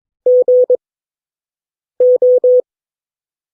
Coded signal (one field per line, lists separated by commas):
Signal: Morse code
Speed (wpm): 22 wpm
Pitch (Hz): 500 Hz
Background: none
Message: GO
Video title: CW Class - Session 8 (2026-03-12)